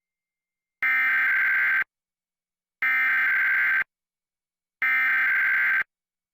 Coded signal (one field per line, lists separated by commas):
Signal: Emergency Alert System (SAME) tones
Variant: header bursts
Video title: NMPBS KNME-TV Emergency Alert System 2/10/2021